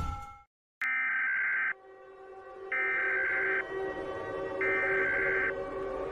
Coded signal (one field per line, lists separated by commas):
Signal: Emergency Alert System (SAME) tones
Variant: header bursts